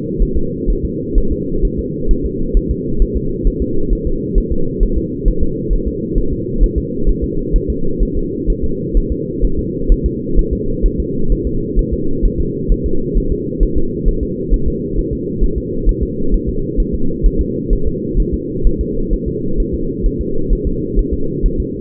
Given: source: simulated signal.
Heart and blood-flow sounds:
fetal heart sounds
0.22 s: S1
0.37 s: S2
0.70 s: S1
0.85 s: S2
1.18 s: S1
1.32 s: S2
1.65 s: S1
1.79 s: S2
2.11 s: S1
2.26 s: S2
2.57 s: S1
2.71 s: S2
3.02 s: S1
3.17 s: S2
3.47 s: S1
3.62 s: S2
3.93 s: S1
4.07 s: S2
4.38 s: S1
4.52 s: S2
4.83 s: S1
4.97 s: S2
5.28 s: S1
5.43 s: S2
5.73 s: S1
5.88 s: S2
6.18 s: S1
6.33 s: S2
6.63 s: S1
6.78 s: S2
7.09 s: S1
7.24 s: S2
7.56 s: S1
7.70 s: S2
8.03 s: S1
8.17 s: S2
8.50 s: S1
8.64 s: S2
8.97 s: S1
9.12 s: S2
9.45 s: S1
9.59 s: S2
9.92 s: S1
10.06 s: S2
10.39 s: S1
10.53 s: S2
10.86 s: S1
11.00 s: S2
11.32 s: S1
11.47 s: S2
11.79 s: S1
11.93 s: S2
12.25 s: S1
12.40 s: S2
12.72 s: S1
12.86 s: S2
13.17 s: S1
13.32 s: S2
13.63 s: S1
13.77 s: S2
14.08 s: S1
14.23 s: S2
14.54 s: S1
14.68 s: S2
14.99 s: S1
15.13 s: S2
15.44 s: S1
15.58 s: S2
15.89 s: S1
16.03 s: S2
16.34 s: S1
16.49 s: S2
16.80 s: S1
16.94 s: S2
17.26 s: S1
17.41 s: S2
17.73 s: S1
17.87 s: S2
18.20 s: S1
18.34 s: S2
18.67 s: S1
18.81 s: S2
19.13 s: S1
19.28 s: S2
19.60 s: S1
19.74 s: S2
20.06 s: S1
20.21 s: S2
20.53 s: S1
20.67 s: S2
20.99 s: S1
21.13 s: S2
21.46 s: S1
21.60 s: S2
From the record:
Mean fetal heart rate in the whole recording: 130 bpm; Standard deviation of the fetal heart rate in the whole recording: 2 bpm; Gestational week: 38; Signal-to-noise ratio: -8.1 dB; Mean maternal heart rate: 72 bpm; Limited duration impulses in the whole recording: absent

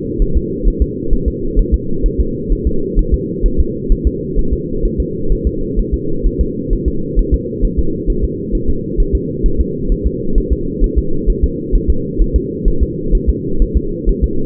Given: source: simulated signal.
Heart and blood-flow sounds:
fetal heart sounds
0.22 s: S1
0.37 s: S2
0.68 s: S1
0.82 s: S2
1.13 s: S1
1.28 s: S2
1.59 s: S1
1.74 s: S2
2.06 s: S1
2.21 s: S2
2.53 s: S1
2.67 s: S2
2.99 s: S1
3.14 s: S2
3.46 s: S1
3.60 s: S2
3.92 s: S1
4.07 s: S2
4.39 s: S1
4.53 s: S2
4.85 s: S1
5.00 s: S2
5.32 s: S1
5.47 s: S2
5.80 s: S1
5.94 s: S2
6.27 s: S1
6.41 s: S2
6.73 s: S1
6.88 s: S2
7.19 s: S1
7.34 s: S2
7.65 s: S1
7.79 s: S2
8.10 s: S1
8.24 s: S2
8.55 s: S1
8.70 s: S2
9.00 s: S1
9.15 s: S2
9.46 s: S1
9.61 s: S2
9.92 s: S1
10.06 s: S2
10.38 s: S1
10.53 s: S2
10.84 s: S1
10.99 s: S2
11.30 s: S1
11.44 s: S2
11.76 s: S1
11.90 s: S2
12.22 s: S1
12.36 s: S2
12.68 s: S1
12.83 s: S2
13.15 s: S1
13.30 s: S2
13.62 s: S1
13.77 s: S2
14.09 s: S1
14.24 s: S2
From the record:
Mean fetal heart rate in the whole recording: 130 bpm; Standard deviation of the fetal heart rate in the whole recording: 2 bpm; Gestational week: 38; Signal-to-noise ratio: -8.1 dB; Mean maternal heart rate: 72 bpm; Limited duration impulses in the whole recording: absent

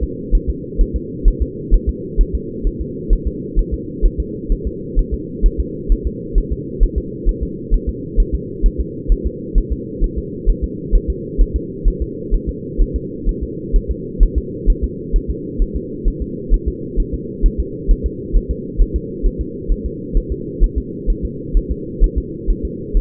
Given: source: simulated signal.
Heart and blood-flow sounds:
fetal heart sounds
0.03 s: S2
0.35 s: S1
0.50 s: S2
0.81 s: S1
0.96 s: S2
1.28 s: S1
1.42 s: S2
1.74 s: S1
1.89 s: S2
2.21 s: S1
2.35 s: S2
2.67 s: S1
2.81 s: S2
3.13 s: S1
3.27 s: S2
3.59 s: S1
3.74 s: S2
4.06 s: S1
4.20 s: S2
4.52 s: S1
4.67 s: S2
4.99 s: S1
5.14 s: S2
5.46 s: S1
5.60 s: S2
5.92 s: S1
6.07 s: S2
6.38 s: S1
6.52 s: S2
6.83 s: S1
6.98 s: S2
7.29 s: S1
7.43 s: S2
7.74 s: S1
7.89 s: S2
8.20 s: S1
8.34 s: S2
8.66 s: S1
8.81 s: S2
9.12 s: S1
9.27 s: S2
9.58 s: S1
9.73 s: S2
10.04 s: S1
10.18 s: S2
10.50 s: S1
10.64 s: S2
10.95 s: S1
11.10 s: S2
11.41 s: S1
11.56 s: S2
11.88 s: S1
12.02 s: S2
12.34 s: S1
12.49 s: S2
12.81 s: S1
12.96 s: S2
13.29 s: S1
13.43 s: S2
13.76 s: S1
13.91 s: S2
14.23 s: S1
14.38 s: S2
14.70 s: S1
14.84 s: S2
15.16 s: S1
15.31 s: S2
15.62 s: S1
15.76 s: S2
16.08 s: S1
16.22 s: S2
16.54 s: S1
16.68 s: S2
17.00 s: S1
17.14 s: S2
17.46 s: S1
17.60 s: S2
17.91 s: S1
18.06 s: S2
18.37 s: S1
18.51 s: S2
18.81 s: S1
18.96 s: S2
19.27 s: S1
19.41 s: S2
19.72 s: S1
19.86 s: S2
20.17 s: S1
20.32 s: S2
20.64 s: S1
20.78 s: S2
21.10 s: S1
21.25 s: S2
21.57 s: S1
21.72 s: S2
22.04 s: S1
22.18 s: S2
22.50 s: S1
22.65 s: S2
22.97 s: S1
From the record:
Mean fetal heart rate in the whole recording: 130 bpm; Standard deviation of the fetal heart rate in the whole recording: 2 bpm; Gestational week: 38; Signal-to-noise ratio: -4.1 dB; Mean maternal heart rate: no maternal heart sound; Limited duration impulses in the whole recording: absent

